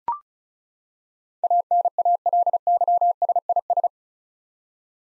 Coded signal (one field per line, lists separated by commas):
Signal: Morse code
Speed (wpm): 36 wpm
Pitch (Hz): 700 Hz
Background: none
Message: ANALYSIS